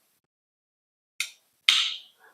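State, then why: Seated. The blade of a Kunwu Excalibur folding knife is slowly rolled open through the detent using the finger hole until it locks into the open position in its handle. After about a second of silence, a sharp, bright click comes at 1.2 s, followed by a louder metallic snap at 1.7 s that rings briefly before a faint trailing tick. The blade ends up locked open.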